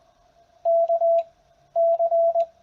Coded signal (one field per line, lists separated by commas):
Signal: Morse code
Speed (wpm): 20 wpm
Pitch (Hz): 670 Hz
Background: radio noise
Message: K C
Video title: Keys and Keyers for Sending Morse Code